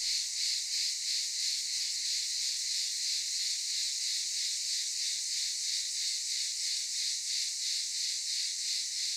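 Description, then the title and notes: Cicadas in a loud, unbroken high-pitched drone that swells and fades in quick regular pulses, filling the whole stretch. Cicadas recorded in daytime at Aylak Yaşam Camp, Çıralı, Kemer, Antalya, Turkey. "Ulupınar Mahallesi, Çıralı Yolu, 07980 Kemer/Antalya, Turkey - Cicadas daytime. Aylak Yaşam Camp, cicadas in daytime"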